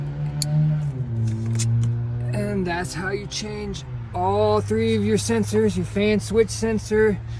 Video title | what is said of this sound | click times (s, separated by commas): How to change all coolant sensors on b18c1 swapped 97 honda civic | and then we put the connector back on until we hear click and | 0.4 s